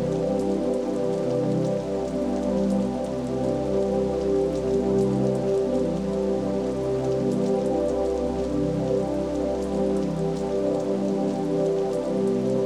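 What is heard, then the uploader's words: Rain falls steadily on a surface, a dense, even patter with faint scattered drops standing out throughout. Beneath it sits a constant low hum with steady tonal bands, like an appliance or engine running, unchanging across the whole stretch. In a Comfy Recliner on a Rainy Night.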